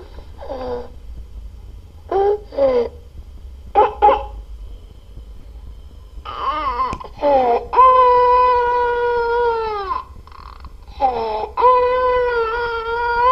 Croup.